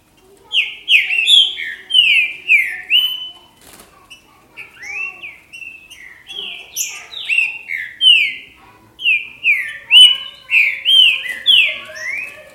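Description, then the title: Green-winged saltator singing loud rich whistled phrases of short falling notes in quick runs, with a brief pause midway. "Trinca Ferro"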